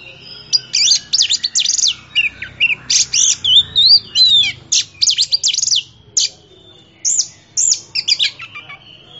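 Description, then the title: Oriental magpie-robin song, a fast varied run of sharp chirps, buzzy notes and sweet slurred whistles, delivered in dense bursts with brief pauses. Champion bird. "Kicau Burung Kacer Juara"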